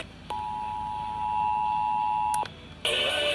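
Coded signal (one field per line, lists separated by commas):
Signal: Emergency Alert System (SAME) tones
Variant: 853 and 960 Hz attention tone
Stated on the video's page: EAS required monthly test tones relayed by Pennsylvania FM radio stations.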